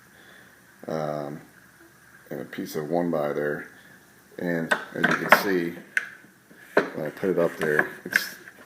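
Someone talks while handling a length of PVC pipe over a homemade drilling fixture built from a couple of 2x4 pieces and a 1x board, a cradle meant to keep the pipe from moving while it is drilled with a paddle drill on its curved surface. Brief sharp knocks sound at about 6.0, 6.8 and 8.5 seconds, but there is no latch or click mechanism. The pipe is handled but has not yet settled into the fixture.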